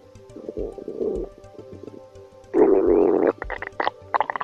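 A stomach rumbles and gurgles in low, bubbly bursts, first softer churning, then a louder, drawn-out growl around the middle followed by a few short gurgles, with no talking.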